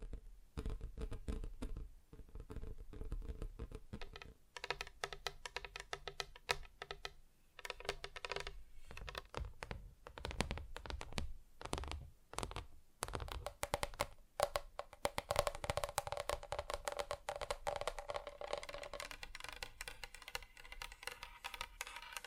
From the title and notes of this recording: ASMR Just Tapping (Different Surfaces No Talking).